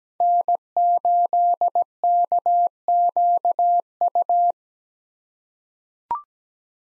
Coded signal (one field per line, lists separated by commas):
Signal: Morse code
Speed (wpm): 17 wpm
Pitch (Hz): 700 Hz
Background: none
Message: N8KQU